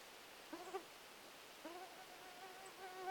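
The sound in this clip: Mosquito buzz, a faint nasal whine coming and going in three brief passes, the last one steadier and longer, over a quiet background.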